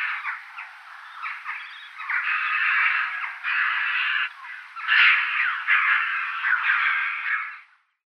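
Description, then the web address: Chough calls, a dense chattering stream of harsh overlapping notes that rises and falls in loudness without a break. "Schulze Peter Chough calls"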